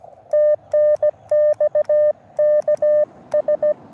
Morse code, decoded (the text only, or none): TNX KS